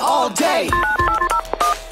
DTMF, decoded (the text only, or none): 9801